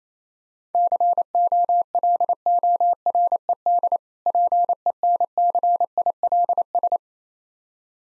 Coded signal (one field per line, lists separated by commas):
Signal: Morse code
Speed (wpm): 27 wpm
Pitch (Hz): 700 Hz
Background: none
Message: COLORED PENCILS